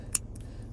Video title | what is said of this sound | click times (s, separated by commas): 2018 Mercedes E400 How to replace key fob battery / remote | on here, go down with it, hear it click, and you can put the emergency kit back in, and you're all done. | 0.2 s